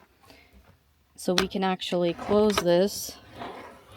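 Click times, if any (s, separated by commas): none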